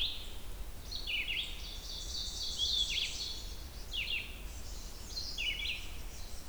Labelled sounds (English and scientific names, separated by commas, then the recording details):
Red-eyed Vireo (Vireo olivaceus) song
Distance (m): 40 m
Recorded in boreal forest in Alberta, Canada, on 28 June 2016 at 07:39
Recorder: SongMeter 3, array SBT-6-79
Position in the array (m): 108 m, 212 m